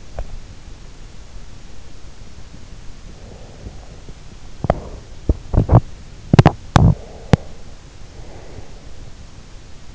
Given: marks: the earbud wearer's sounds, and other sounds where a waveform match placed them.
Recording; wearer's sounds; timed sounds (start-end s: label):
sounds in sleep by an in-ear microphone; teeth grinding, breath
0.00-0.48 s: teeth grinding
3.03-5.14 s: breath
4.46-7.56 s: teeth grinding
6.78-9.05 s: breath